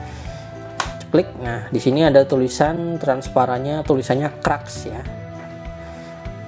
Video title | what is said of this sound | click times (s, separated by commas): Nostalgia Review Lengkap Pokemon Kraks Indonesia Jadul by Panini 2005 Complete Set! Fullset! PART 1 | cover biasa ya tinggal kita buka saja seperti ini ya klikgame dia akan bunyi klik | 0.8 s